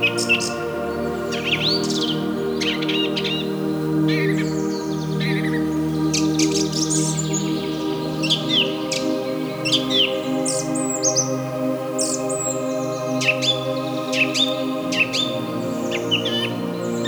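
Rainforest ambience with dense, overlapping bird chirps and calls throughout, over a steady low hum with layered droning tones beneath.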